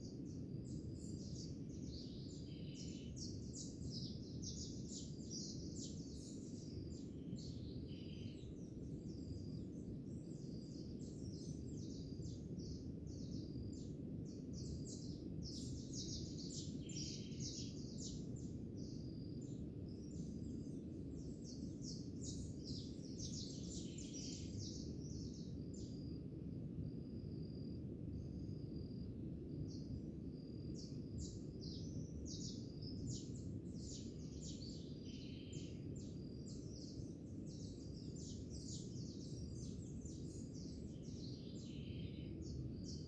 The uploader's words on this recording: Sounds of crickets, birds and waves. Recorded in High Quality 456kbps 48kHz.